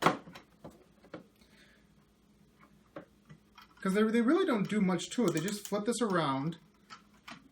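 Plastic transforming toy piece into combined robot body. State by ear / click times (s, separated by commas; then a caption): seated / 7.3 s. A plastic piece of a combining-robot toy is flipped around and pushed into the combined robot body, with light plastic handling ticks early on while someone talks. The piece pops into place with a sharp click at 7.3 s, seating firmly.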